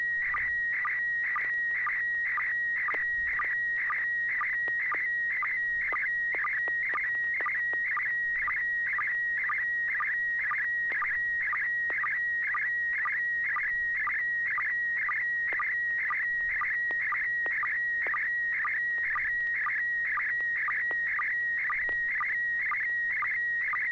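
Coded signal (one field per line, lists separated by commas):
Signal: SSTV (slow-scan television)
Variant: PD120 mode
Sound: steady high whistle with rhythmic warbling chirps and short low blips twice a second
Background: radio hiss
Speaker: this is PD [Music] 120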